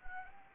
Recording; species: mosquito wingbeat signal from an infrared sensor; Anopheles arabiensis